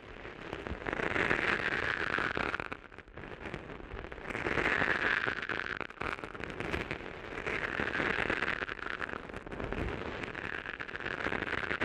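Dense, crackling rubbing against the ear, like an eardrum massage, made of many tiny pops packed tightly together. It swells and eases in waves about every three seconds, with brighter, hissier peaks that drop back into a lower, rougher rustle between them.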